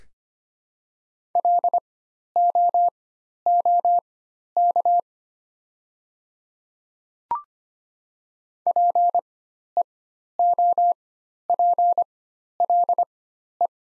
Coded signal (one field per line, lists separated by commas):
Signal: Morse code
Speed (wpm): 25 wpm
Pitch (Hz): 700 Hz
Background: none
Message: LOOK PEOPLE